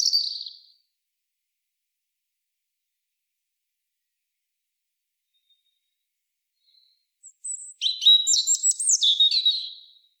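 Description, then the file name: European robin song: a brief high fragment at the start, a long silence, then a high tumbling phrase of sharp rising and falling notes. "Erithacus rubecula"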